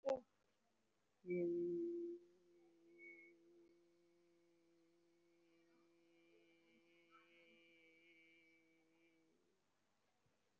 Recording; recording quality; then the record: sustained vowel as in made; excellent, no background noise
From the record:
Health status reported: COVID-19 positive, mild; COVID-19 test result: positive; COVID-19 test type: RT-PCR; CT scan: taken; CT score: 2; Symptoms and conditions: sore throat, fatigue, muscle pain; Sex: female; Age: 64 years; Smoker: no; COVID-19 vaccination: both doses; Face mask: worn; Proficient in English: yes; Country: India